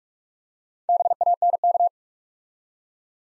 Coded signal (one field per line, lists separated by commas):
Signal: Morse code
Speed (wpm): 46 wpm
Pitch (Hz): 700 Hz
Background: none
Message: BANK